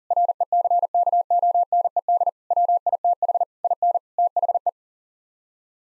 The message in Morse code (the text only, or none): RECKONED WITH IN THE